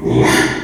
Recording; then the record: squeal of a Yucatan mini pig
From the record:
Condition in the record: after surgery on the right vocal fold (resection and tissue-engineered implant); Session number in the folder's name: 3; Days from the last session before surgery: 33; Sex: male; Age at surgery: 12 weeks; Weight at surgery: 13 kg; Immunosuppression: cyclosporine, prednisolone